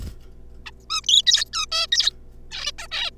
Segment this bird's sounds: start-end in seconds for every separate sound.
0.66-0.70, 0.90-1.01, 1.06-1.22, 1.26-1.45, 1.53-1.66, 1.72-1.87, 1.92-2.10, 2.51-2.71, 2.78-2.87, 2.91-3.10